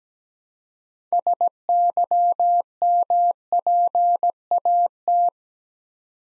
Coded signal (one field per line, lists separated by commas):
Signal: Morse code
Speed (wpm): 17 wpm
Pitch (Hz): 700 Hz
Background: none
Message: SYMPAT